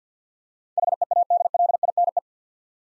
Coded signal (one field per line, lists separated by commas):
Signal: Morse code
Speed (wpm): 50 wpm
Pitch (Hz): 700 Hz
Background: none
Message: HEADLINE